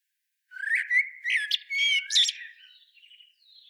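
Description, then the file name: Common blackbird giving one fluty warbled phrase ending in a squeaky, scratchy twitter, then faint thin high notes. "Turdus merula"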